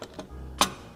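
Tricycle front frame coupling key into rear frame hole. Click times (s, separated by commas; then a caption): 0.6 s. The front frame of an Amtryke Paceline tricycle is dropped onto the rear frame coupling, with a small key lined up to a small hole. After a faint tap at 0.2 s over a low hum, a sharp, bright click at 0.6 s marks the key dropping into the hole and the frame seating into place.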